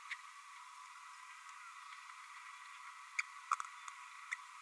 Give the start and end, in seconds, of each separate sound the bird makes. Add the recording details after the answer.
3.18-3.21, 3.53-3.54, 4.31-4.34. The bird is a female. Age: 29 days. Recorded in a nest box in Venezuela. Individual 17B32A7